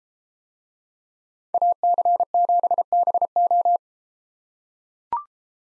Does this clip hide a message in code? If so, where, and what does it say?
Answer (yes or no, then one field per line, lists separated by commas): yes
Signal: Morse code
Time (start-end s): 1.5-3.8 s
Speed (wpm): 32 wpm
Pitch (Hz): 700 Hz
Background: none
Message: AC7BO